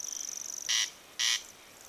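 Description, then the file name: Corn crake uttering a single rasping double note, two harsh buzzy bursts, against a continuous high thin whine. "Crex crex"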